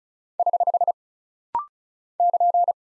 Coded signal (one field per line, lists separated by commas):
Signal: Morse code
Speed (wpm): 36 wpm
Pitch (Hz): 700 Hz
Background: none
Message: <HH> <KN>